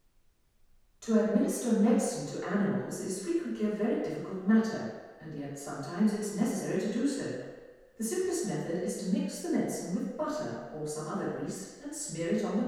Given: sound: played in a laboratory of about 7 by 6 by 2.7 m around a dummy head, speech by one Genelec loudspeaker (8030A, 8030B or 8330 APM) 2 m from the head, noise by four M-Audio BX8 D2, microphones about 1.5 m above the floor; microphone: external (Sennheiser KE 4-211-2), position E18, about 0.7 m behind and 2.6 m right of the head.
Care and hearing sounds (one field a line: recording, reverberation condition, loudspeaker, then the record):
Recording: female speech in English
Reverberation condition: high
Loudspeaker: 30 degrees to the left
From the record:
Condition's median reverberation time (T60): about 1300 ms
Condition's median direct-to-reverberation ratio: about -4.0 dB